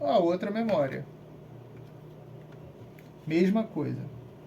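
A second RAM memory module is handled at a motherboard DIMM slot, ready to be pressed in, while someone talks in short bursts at the start and again near the end, with a quiet background between. Only a brief faint tick is heard near 3.0 s; the module has not seated and its latch has not clicked yet.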